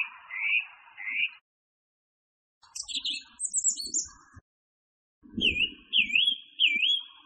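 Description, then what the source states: Song thrush song: rising whistled phrases, a jumbled burst of high notes, then a wavy whistle repeated three times, over soft low background noise. Masteran recording used for training songbirds.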